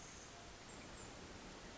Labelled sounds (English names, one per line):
Pacific Wren